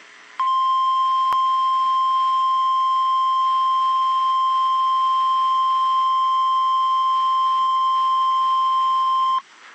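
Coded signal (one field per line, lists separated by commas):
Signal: Emergency Alert System (SAME) tones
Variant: 1050 Hz attention tone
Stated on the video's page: Weather radio required weekly test tones from two transmitters.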